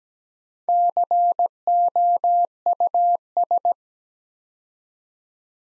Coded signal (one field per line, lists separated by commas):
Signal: Morse code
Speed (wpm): 17 wpm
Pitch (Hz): 700 Hz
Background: none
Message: COUS